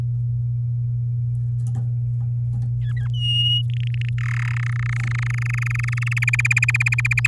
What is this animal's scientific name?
Serinus canaria